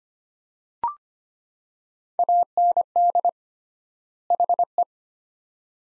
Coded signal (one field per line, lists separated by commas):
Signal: Morse code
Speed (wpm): 25 wpm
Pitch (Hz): 700 Hz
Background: none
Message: AND HE